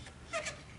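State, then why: Not seated. A removable plastic trim cover in the rear cargo area of a 2023 Volvo XC90 is handled as it is put back into place. Two short, brighter handling sounds occur around 0.3–0.4 s and 0.5 s over a quiet background. Nothing has seated or clicked yet by the end.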